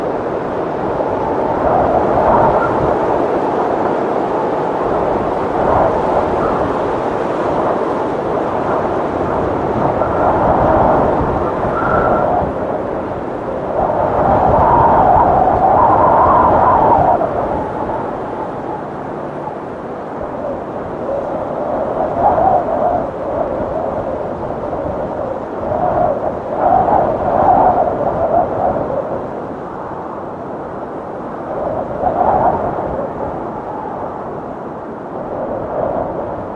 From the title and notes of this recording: This episode features only natural soundscapes with no dialogue or voice. The calming sounds of the wind gusts.